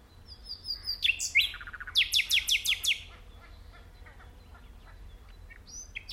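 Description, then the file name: Common nightingale song, a whistled lead-in followed by a fast series of loud repeated notes, then quieter chirps. "Luscinia megarhynchos"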